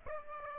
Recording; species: mosquito wingbeat signal from an infrared sensor; Aedes aegypti